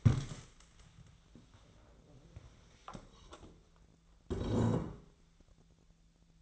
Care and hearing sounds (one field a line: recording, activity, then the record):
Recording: daily activity, microphone in the room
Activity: stand up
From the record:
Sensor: 3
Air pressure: 1000.4 hPa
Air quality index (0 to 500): 171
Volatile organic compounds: 3 ppm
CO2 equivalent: 1485 ppm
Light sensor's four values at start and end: 14/31/13/14 and 13/31/13/14